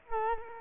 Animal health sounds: mosquito wingbeat signal from an infrared sensor; Culex quinquefasciatus

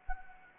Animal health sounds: mosquito wingbeat signal from an infrared sensor; Anopheles gambiae

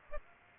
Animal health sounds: mosquito wingbeat signal from an infrared sensor; Aedes aegypti

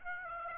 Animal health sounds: mosquito wingbeat signal from an infrared sensor; Aedes aegypti

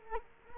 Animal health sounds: mosquito wingbeat signal from an infrared sensor; Culex quinquefasciatus

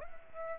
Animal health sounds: mosquito wingbeat signal from an infrared sensor; Aedes aegypti

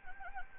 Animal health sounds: mosquito wingbeat signal from an infrared sensor; Anopheles arabiensis

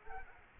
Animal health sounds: mosquito wingbeat signal from an infrared sensor; Culex quinquefasciatus

